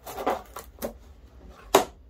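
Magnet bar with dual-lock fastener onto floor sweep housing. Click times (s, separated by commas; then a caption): 1.8 s. A kitchen knife magnet backed with 3M Dual-Lock fastener is pushed up underneath a dust collector floor sweep, to keep metal out of the dust collector. A few softer knocks and rubs come at about 0.3, 0.6 and 0.8 seconds, then a loud, sharp snap at 1.8 seconds as the Dual-Lock seats and the magnet locks into place.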